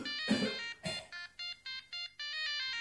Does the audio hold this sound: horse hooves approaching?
no